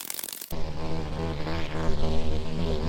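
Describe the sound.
Common cockchafer buzzing: after a half-second of rustling, a deep, sustained droning hum with wavering overtones fills the rest.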